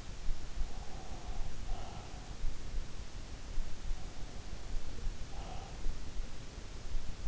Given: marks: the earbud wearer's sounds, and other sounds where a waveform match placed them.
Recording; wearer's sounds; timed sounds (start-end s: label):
sounds in sleep by an in-ear microphone; breath
0.25-2.83 s: breath
4.58-7.27 s: breath